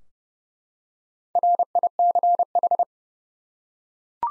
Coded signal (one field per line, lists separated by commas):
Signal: Morse code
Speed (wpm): 30 wpm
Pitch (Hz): 700 Hz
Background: none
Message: RICH